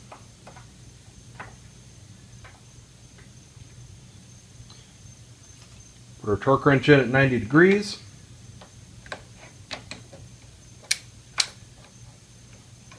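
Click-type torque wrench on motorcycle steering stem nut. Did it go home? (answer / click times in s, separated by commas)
yes / 10.9 s, 11.4 s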